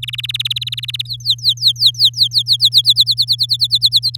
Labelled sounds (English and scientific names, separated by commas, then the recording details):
Domestic Canary (Serinus canaria) song
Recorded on 9 May 2018 at 05:35
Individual llb16